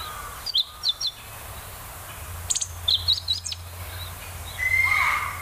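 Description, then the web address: Meadow bunting song: brief bursts of sharp, high chipping notes in two short phrases, then a thin whistled note, over a steady low hum. "sikioto. hoogiro"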